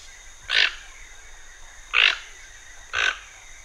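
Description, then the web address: Toucan uttering three gruff, rasping croaks about a second or more apart against quiet background hiss. Pantanal. "sescpantanal. Tucano"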